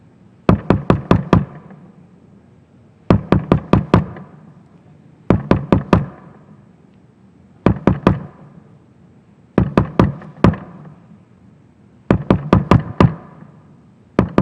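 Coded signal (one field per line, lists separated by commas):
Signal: tap code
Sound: six groups of five crisp knocks on a hard surface, evenly paced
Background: room hum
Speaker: I want to close by using the TAP code, the way Sam and his fellow prisoners used to communicate without talking. It's a 5x5 matrix, 25 letters. It omits the K.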